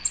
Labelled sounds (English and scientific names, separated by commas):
American Redstart (Setophaga ruticilla) flight call